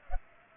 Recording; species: mosquito wingbeat signal from an infrared sensor; Culex pipiens